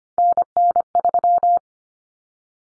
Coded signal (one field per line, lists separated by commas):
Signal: Morse code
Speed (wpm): 25 wpm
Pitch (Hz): 700 Hz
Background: none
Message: NN3